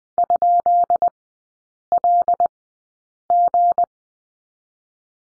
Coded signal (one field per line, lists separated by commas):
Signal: Morse code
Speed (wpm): 21 wpm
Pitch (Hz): 700 Hz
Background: none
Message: ?LG